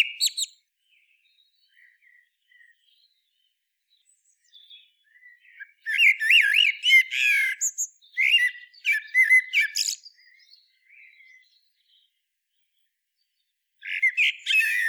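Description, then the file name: Common blackbird: a short opening note, soft quiet notes, then a burst of rapid warbling whistles and high squeaks, a pause, and another phrase at the end. "Turdus merula"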